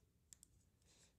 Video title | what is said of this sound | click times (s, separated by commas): Wiring up solar panels for higher voltage lower amps | there it goes it clicked nice and tight now come | 0.3 s, 0.4 s